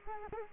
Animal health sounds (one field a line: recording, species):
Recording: mosquito wingbeat signal from an infrared sensor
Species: Culex quinquefasciatus